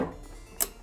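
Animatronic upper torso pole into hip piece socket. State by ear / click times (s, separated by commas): seated / 0.6 s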